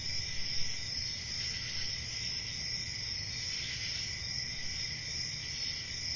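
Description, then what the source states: Cricket chorus of continuous high trilling, several overlapping pulsing tones held steadily throughout, over a faint low rumble. Crickets on a summer night.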